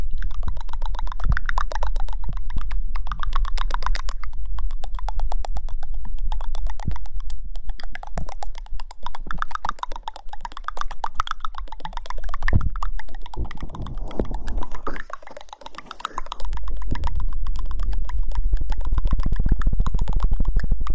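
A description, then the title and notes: Wet mouth and tongue sounds fill the clip: dense, rapid clicks and smacks that come in quick bursts with short pauses, bright and crisp. Near sixteen seconds it briefly drops quieter, then resumes with a low muffled rumble underneath. Mouth-tongue-covering-ear massage method.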